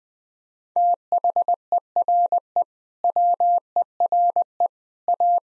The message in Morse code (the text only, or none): THERE WERE A